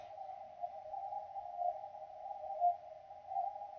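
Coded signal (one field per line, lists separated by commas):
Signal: radio time signal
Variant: RWM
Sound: continuous low whistle-like tone with slight louder bumps about once per second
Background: radio static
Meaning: Ticks mark each second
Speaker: hearing time tips I'm hearing rwm time signal from Moscow and for 996 CW mode in the noise but it's there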